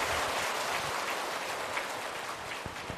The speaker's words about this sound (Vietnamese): Và chúng tôi cũng không quên giới thiệu sự hiện diện đông đảo của quý thiện nam tín nữ Phật tử đã có mặt ở khắp các khu vực giảng đường chùa Hoằng Pháp. Xin quý vị hãy dành những tràng pháo tay thật lớn để chào mừng.